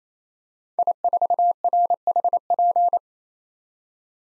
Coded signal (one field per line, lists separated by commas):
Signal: Morse code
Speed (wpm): 28 wpm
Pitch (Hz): 700 Hz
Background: none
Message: I4RHP